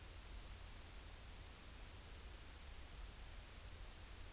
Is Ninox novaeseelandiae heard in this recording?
no